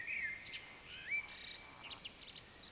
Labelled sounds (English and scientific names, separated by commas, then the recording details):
Eurasian Woodcock (Scolopax rusticola) whistle, Eurasian Woodcock (Scolopax rusticola) croak
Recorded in Baden-Württemberg, Germany, on 20 May 2021 at 19:12 UTC
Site 24606, 635 m above sea level